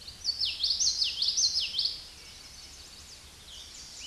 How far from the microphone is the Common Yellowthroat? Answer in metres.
about 10 m